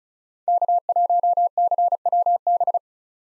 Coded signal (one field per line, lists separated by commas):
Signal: Morse code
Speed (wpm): 36 wpm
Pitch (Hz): 700 Hz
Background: none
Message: K1CWB